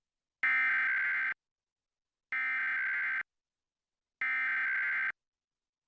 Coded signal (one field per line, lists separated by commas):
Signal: Emergency Alert System (SAME) tones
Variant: header bursts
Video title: December 2023 Texas Required Monthly Test (EAS #511-538)